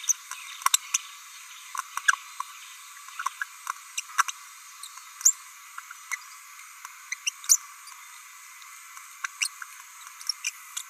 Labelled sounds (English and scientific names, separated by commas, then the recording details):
Green-rumped Parrotlet (Forpus passerinus) babbling
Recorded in a nest box in Venezuela
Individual 18B17A4